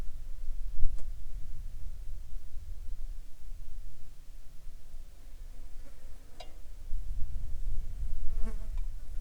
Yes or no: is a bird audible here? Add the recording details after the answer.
no. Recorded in the Arctic National Wildlife Refuge, Alaska, on 9 July 2019 at 12:51. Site 39